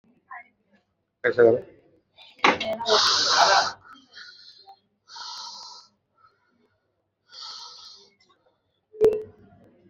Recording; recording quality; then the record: shallow breathing; excellent, no background noise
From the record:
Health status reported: exposed to COVID-19, no respiratory illness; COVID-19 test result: not tested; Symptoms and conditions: none ticked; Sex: male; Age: 51 years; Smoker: not ticked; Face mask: not worn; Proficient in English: yes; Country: India